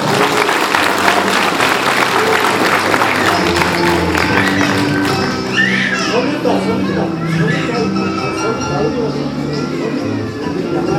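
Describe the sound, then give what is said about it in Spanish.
At a 2014 school graduation ceremony, a crowd breaks into sustained, loud applause for a graduating student, a dense crackle of many hands clapping, mixed with excited cheers and high children's voices calling out over the steady clapping. “Y por eso merece un fuerte y merecido aplauso.”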